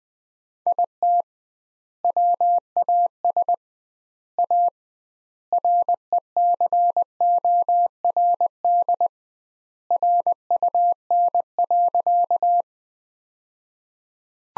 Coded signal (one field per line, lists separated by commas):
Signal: Morse code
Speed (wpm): 20 wpm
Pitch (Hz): 700 Hz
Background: none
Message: IT WAS A RECORD RUN.